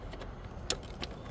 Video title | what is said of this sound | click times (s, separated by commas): 2018 Subaru Impreza Lasfit LED High Beam & Low Beam Installation Guide | push it in until it clicks, and we'll once again tuck all the harness out | 0.7 s